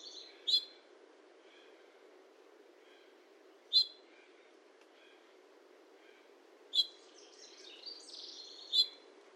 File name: Hooded Oriole